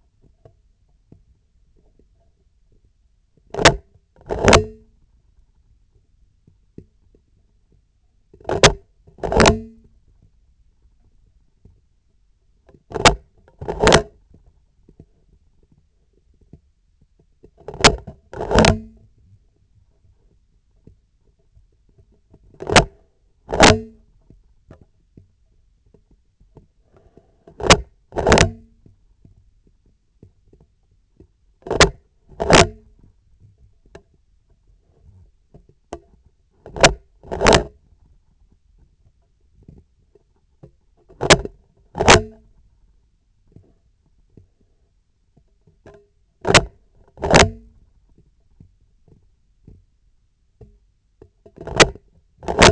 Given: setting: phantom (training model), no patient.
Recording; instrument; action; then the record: laparoscopic instrument, vibration sensor on the handle end; scissors; opening and closing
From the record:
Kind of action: tool actuation without material contact